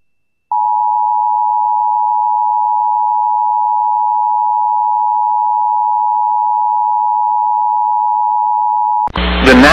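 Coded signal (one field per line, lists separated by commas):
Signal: Emergency Alert System (SAME) tones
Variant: 853 and 960 Hz attention tone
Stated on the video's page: Real EAS SAME alerts personally captured in the Deep South.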